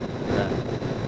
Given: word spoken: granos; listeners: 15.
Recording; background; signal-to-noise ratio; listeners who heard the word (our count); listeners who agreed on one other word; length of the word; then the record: one Spanish word in noise, from a listening test; noise modulated by three-talker babble; -6.7 dB; 0 of 15; 7 of 15; 0.68 s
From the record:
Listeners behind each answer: 7, 1, 1, 1, 1, 1, 1, 1, 1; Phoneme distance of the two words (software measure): 41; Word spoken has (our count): 2 syllables, 6 phonemes, stress on syllable 1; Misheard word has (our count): 1 syllable, 3 phonemes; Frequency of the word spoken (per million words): 12.61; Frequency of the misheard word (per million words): 264.79